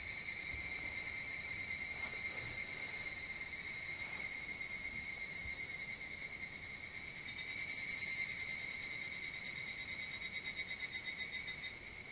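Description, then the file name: Evening cicada song, an even high ringing trill that grows stronger midway, with rapid throbbing pulses, then eases off at the end. Recorded on 25 July 2022 at 04:39. "higurashi 220725"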